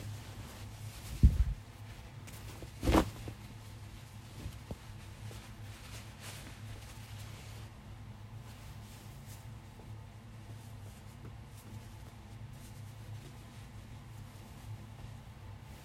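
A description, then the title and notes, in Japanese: Clothes are folded and stacked away. Two dull thumps land early, around one and three seconds, followed by soft, sparse rustling and faint taps. A low steady hum runs underneath throughout, and the rest stays quiet. 掃除と片付け。洋服をたたむ、重ねてしまう。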